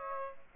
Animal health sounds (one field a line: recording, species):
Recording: mosquito wingbeat signal from an infrared sensor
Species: Aedes aegypti